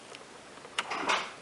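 A repaired and reassembled trunk latch on a 2003 Ford Focus is actuated by pressing the trunk release button. It releases with a sharp clunk at 0.8 s, followed by a louder, broader mechanical rattle and clatter around 0.9–1.2 s. The latch is confirmed working.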